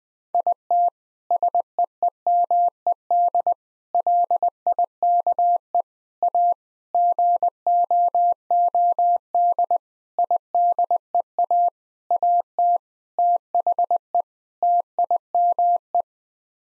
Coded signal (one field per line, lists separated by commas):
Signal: Morse code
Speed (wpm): 21 wpm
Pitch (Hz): 700 Hz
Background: none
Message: IT SEEMED LIKE A GOOD IDEA AT THE TIME